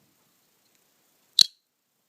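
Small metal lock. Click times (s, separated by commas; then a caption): 1.4 s. A folding knife's blade is pushed open and its metal liner lock snaps over to hold the blade so it can't fall back on itself. After near silence and a faint tick, one sharp, bright metallic snap lands at 1.4 s, and the blade is locked in place.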